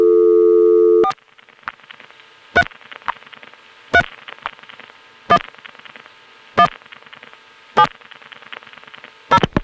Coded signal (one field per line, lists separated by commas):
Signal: DTMF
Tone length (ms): 70 ms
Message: 4 3 3 1 1 7 0